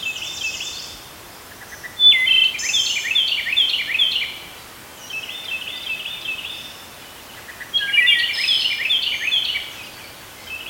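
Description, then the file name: Wood thrush song: a few flute-like phrases separated by short pauses. "Wood Thrush - Hylocichla mustelina"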